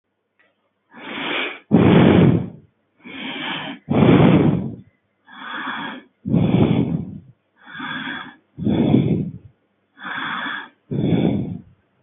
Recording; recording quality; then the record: shallow breathing; excellent, no background noise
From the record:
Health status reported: healthy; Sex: male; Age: 34 years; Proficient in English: yes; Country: India